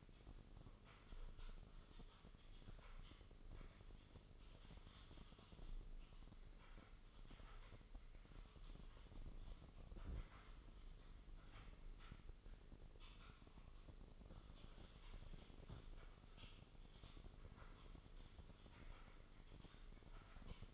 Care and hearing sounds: daily activity, microphone in the room; typing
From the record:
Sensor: 4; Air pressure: 996.0 hPa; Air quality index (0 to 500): 64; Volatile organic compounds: 2 ppm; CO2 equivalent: 1142 ppm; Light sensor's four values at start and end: 14/39/14/14 and 14/39/14/14

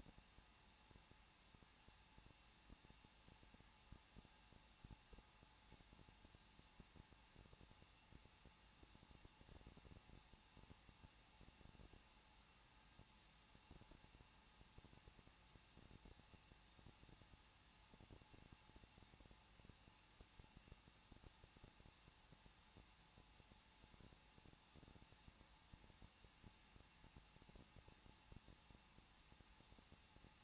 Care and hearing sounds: daily activity, microphone in the room; no activity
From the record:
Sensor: 1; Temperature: 20.1 degrees Celsius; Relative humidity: 39.1%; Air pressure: 1006.3 hPa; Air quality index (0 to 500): 217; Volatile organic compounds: 75 ppm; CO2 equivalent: 3564 ppm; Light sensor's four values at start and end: 1/2/1/1 and 1/2/1/1

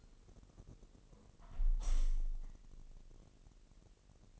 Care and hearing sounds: daily activity, microphone in the room; close window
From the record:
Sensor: 4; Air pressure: 1000.8 hPa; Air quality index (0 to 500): 244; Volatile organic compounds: 41 ppm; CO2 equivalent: 3165 ppm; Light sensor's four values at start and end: 9/20/8/8 and 9/20/8/7

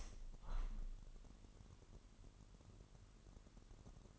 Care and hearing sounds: daily activity, microphone in the room; open window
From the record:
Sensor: 4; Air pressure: 998.7 hPa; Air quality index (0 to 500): 116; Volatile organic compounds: 2 ppm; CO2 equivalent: 1134 ppm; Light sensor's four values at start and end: 10/23/9/10 and 10/23/9/10

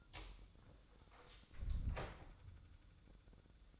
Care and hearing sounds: daily activity, microphone in the room; close door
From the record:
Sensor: 3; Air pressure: 1004.9 hPa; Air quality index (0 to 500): 74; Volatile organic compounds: 2 ppm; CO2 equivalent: 1116 ppm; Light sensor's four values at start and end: 8/20/8/8 and 8/20/8/8

